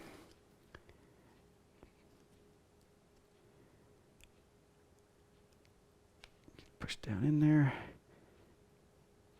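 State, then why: Not seated. A retaining clip is handled on the bearing assembly of a Pro-Sim sim racing H-pattern shifter after the bearing assembly has been pushed back up inside it. Faint scattered ticks and handling noises are heard, then someone talks near the end. The clip has not snapped into place yet, and nothing has seated.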